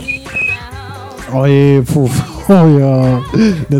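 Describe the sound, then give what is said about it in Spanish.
A voice imitates a bird with a few loud, drawn-out warbling calls whose pitch swoops up and down, separated by short breathy pauses. “Ha merendado mucho el pajarito. Está gordo.”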